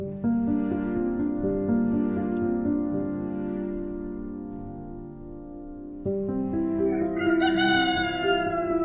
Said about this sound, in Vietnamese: Tiếng gà gáy cất lên, báo hiệu cho một ngày mới chính thức được bắt đầu.